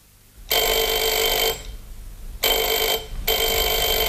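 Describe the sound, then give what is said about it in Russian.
At night, a telephone bell rings loudly in three long bursts separated by short pauses, a bright, harsh metallic jangle with no voices. “Ночью меня разбудил телефон.”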